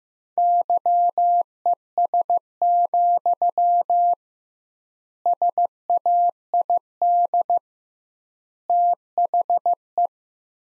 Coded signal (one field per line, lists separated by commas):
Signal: Morse code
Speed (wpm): 16 wpm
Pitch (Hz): 700 Hz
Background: none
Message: YES, SAID THE